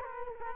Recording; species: mosquito wingbeat signal from an infrared sensor; Culex quinquefasciatus